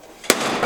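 Stepping on the foot release bar at the back of a Harbor Freight folding platform hand truck makes the handle fold lock let go with a single sharp, loud metal clack at 0.3 s. A brief noisy tail follows as the lock releases and the handle folds down.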